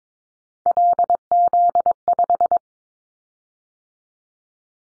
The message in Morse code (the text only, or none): LZ5